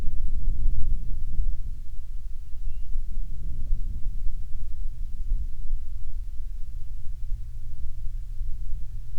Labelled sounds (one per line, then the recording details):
songbird
wind
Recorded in the Prudhoe Bay oil fields, Alaska, on 30 June 2019 at 00:34
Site 22